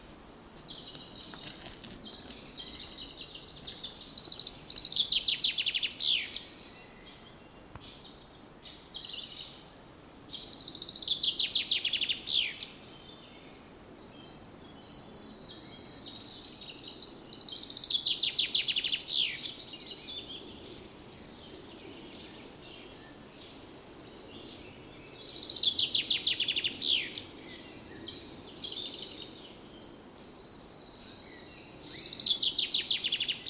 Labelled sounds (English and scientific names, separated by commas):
Eurasian Wren (Troglodytes troglodytes)